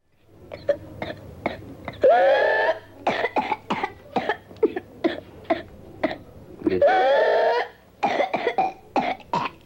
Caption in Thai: เสียงไอกรน ( Whooping cough ).